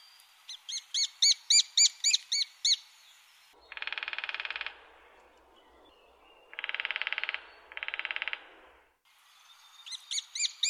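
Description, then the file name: Lesser spotted woodpecker giving a fast series of high kee notes, then three dry drumming rolls of about a second each, and the calls resume at the end. "Kleinspecht"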